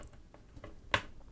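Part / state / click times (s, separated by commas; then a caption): CPU cooler mounting screw into the mounting bracket standoff / seated / 0.9 s. A spring-loaded Thermalright Royal Knight 120 CPU cooler mounting screw is turned backwards with a long Phillips screwdriver on an AMD AM4/AM5 mount. After a few faint ticks, it gives a sharp click at 0.9 s as it drops into the start of the thread on the metal mounting bracket standoff. The screw is seated and ready to be tightened.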